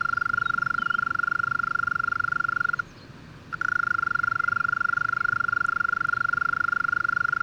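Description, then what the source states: European mole cricket steady trill that stops for under a second midway, then continues; faint bird notes behind. Small population in a flooded alpine pasture at 1250 m, Le Villard, Drôme, France, 3 May 2020, heard every year at this period; recorded in stereo on Nagra Seven with MKH40 microphone.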